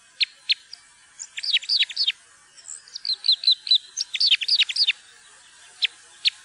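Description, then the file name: Parrot crossbill calls and chatter: a busy run of short, rapid, high chipping notes, some curved and downslurred, bunched into lively bursts with scattered single notes at the ends. "furukorsnebb"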